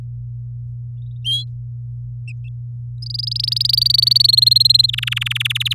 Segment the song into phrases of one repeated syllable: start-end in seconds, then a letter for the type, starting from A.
3.02-4.27 A, 4.28-4.86 B, 4.88-5.58 C, 5.60-5.73 D